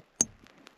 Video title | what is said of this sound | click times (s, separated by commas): DET HÄR ÄR SLUTET - Säsongsavslutning vintern 2024 - 2025 (English subtitles) | It clicks into place. | 0.2 s